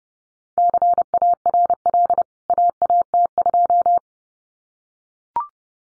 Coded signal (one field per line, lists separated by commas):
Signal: Morse code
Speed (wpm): 30 wpm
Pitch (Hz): 700 Hz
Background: none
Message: CARL AAT2